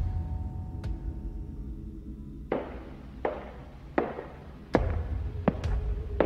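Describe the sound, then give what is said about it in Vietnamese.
Footsteps sound effect played for a narrated story: a single faint tap, then a steady series of six or seven firm, thudding steps at an even walking pace over a low background hum, with no voices. “Anh đạo diễn cho em tiếng bước chân đi.”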